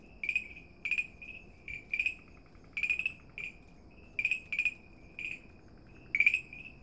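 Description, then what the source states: Farmland green treefrog: repeated clicking frog calls, each a brief rattle running into a short tone, in irregular bursts. Recorded at Dalin on 30 May 2009.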